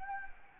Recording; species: mosquito wingbeat signal from an infrared sensor; Anopheles gambiae